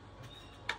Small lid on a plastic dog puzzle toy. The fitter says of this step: roll over and lock into place